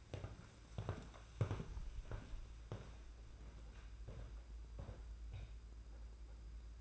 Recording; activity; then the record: daily activity, microphone in the room; walk to room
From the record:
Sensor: 2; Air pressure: 991.9 hPa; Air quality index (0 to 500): 230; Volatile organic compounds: 1000 ppm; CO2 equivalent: 7742 ppm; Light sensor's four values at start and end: 17/56/21/20 and 18/59/23/21